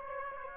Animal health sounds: mosquito wingbeat signal from an infrared sensor; Aedes aegypti

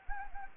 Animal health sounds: mosquito wingbeat signal from an infrared sensor; Anopheles gambiae

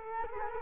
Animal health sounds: mosquito wingbeat signal from an infrared sensor; Culex quinquefasciatus

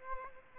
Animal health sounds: mosquito wingbeat signal from an infrared sensor; Aedes aegypti

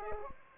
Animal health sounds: mosquito wingbeat signal from an infrared sensor; Aedes aegypti

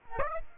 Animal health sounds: mosquito wingbeat signal from an infrared sensor; Aedes aegypti

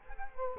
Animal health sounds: mosquito wingbeat signal from an infrared sensor; Culex quinquefasciatus

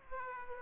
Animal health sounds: mosquito wingbeat signal from an infrared sensor; Aedes aegypti

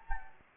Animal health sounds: mosquito wingbeat signal from an infrared sensor; Anopheles gambiae

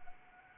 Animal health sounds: mosquito wingbeat signal from an infrared sensor; Anopheles arabiensis

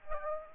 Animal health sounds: mosquito wingbeat signal from an infrared sensor; Aedes aegypti

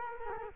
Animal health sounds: mosquito wingbeat signal from an infrared sensor; Culex quinquefasciatus

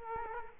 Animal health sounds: mosquito wingbeat signal from an infrared sensor; Culex quinquefasciatus

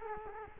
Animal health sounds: mosquito wingbeat signal from an infrared sensor; Culex quinquefasciatus

